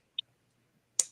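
The steel blade of a slip joint pocket knife is worked in its backspring joint so the spring snaps it into position. A small, sharp click sounds at 0.2 s, followed by a much louder, brighter snap at 1.0 s with a short ringing tail. The blade is snapped into place.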